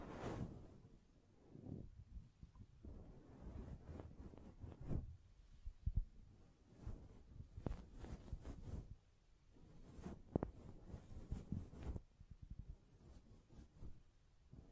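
Hands tap, scratch and brush against a microphone, making a dense, uneven stream of low rumbling thuds and rustles. Sharper clicks and knocks stand out near 6, 8, 10 and 12 seconds, with brief quieter gaps between the bursts of handling.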